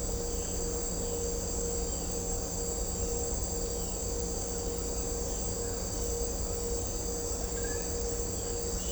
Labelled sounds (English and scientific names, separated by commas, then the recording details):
none
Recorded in secondary vegetation near Puerto Asís, Putumayo, Colombia, on 21 December 2024 at 18:00
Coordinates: 0.500, -76.326
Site G065